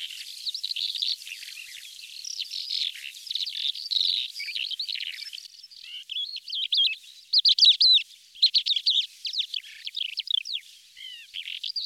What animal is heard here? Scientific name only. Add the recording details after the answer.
Melanocorypha calandra. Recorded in the wild. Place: Kalmückensteppe, RU. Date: 2006-05-24. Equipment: MiniDisc Sharp MT 20 H. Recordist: Schwarz, Dieter